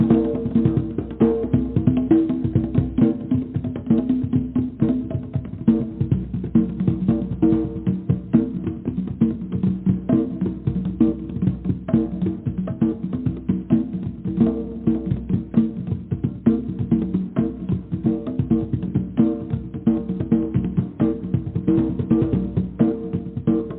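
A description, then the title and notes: Drumming plays without a break for the whole stretch, a dense, fast run of hits at a steady pace. The sound is muffled and low-heavy with a humming, pitched ring under the strikes, and no crisp top end. The loudness stays level throughout. DRUMMING SOUNDS,VIBRATION FREQUENCIES.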